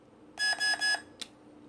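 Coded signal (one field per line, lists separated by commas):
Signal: none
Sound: lightsaber's three confirmation beeps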